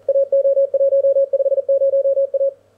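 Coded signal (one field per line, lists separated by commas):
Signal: Morse code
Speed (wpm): 40 wpm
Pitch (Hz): 550 Hz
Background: radio noise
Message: AO150A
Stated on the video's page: Elecraft K1 transceiver with a 2X15m dipole, powered by a 12V gel cell.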